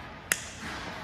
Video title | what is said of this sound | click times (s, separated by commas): EBMX X-9000 Ultra Bee Installation Video | Yeah, click. That's it. | 0.3 s